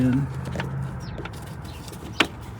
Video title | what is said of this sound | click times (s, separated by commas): Installing Signal Light Bulb in a Toyota Tundra 2007-2019 | Lock it to the right. | 2.2 s